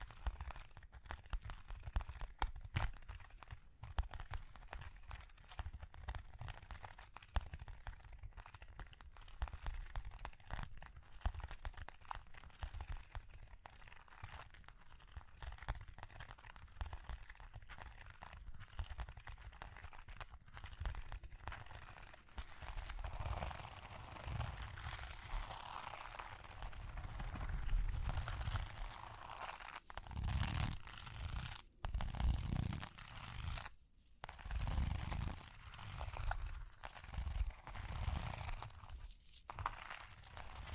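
Ear cleaning sounds: dense, fast scratching and crinkling run throughout, with many quick tapping clicks in the first half. After about 22 seconds the scratching turns heavier and rumbling, coming in louder swells with brief pauses near 34 and 39 seconds.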